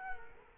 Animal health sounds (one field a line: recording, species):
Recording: mosquito wingbeat signal from an infrared sensor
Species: Culex quinquefasciatus